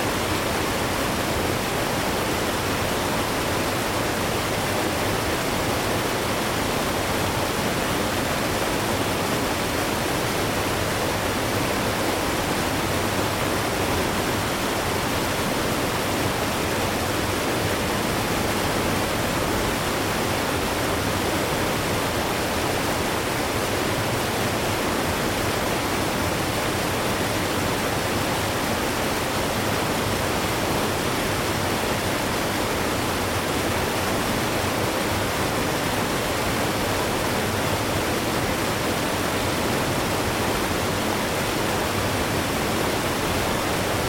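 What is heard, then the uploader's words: Water falls in a steady, dense rush that never changes across the whole stretch. The roar fills everything from a low rumble up to a bright hiss, close and even, with no separate splashes or other sounds standing out. Waterfall Sound.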